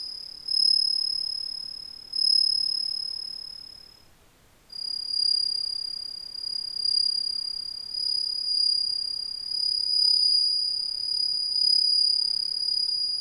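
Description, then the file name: Bell cricket song: high clear ringing pulses that stop briefly for under a second, then resume as a longer continuous trill with gentle swells. "suzumushi"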